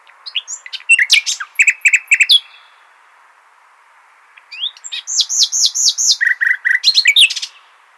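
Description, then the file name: Common nightingale song with varied phrases: rapid clicking notes, then after a pause a series of looping whistled notes and a quick run of lower notes. "Luscinia megarhynchos"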